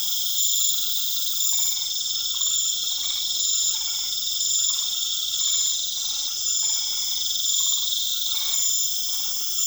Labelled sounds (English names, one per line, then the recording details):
none
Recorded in pastures near Puerto Asís, Putumayo, Colombia, on 4 March 2025 at 20:00
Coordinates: 0.487, -76.322
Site G077